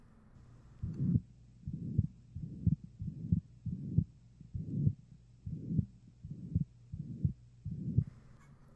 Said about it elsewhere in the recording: You hear in the lower left sternal border around the fourth intercostal space. Ventricular septal defect murmur. Notice the holosystolic nature, and it can be best heard at the lower sternal border on the left.